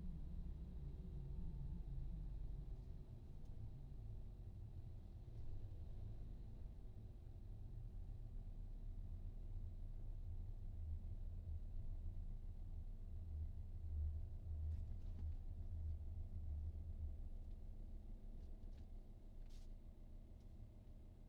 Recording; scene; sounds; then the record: everyday scene through a hearing-aid microphone; in a vehicle; engine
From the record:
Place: VW T5 Caravelle, diesel engine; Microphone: in the ear canal, right